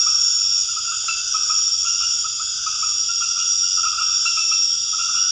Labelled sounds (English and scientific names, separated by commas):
none